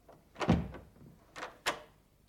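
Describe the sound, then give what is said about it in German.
A door opening onto a sparsely furnished attic room used as a kitchen: a heavy low thump and rattle, followed by a couple of sharper clicks from the latch or frame a second later, with no voices. “Als die Tür aufging, sah ich in eine kaum möblierte Dachkammer, die als Küche diente.”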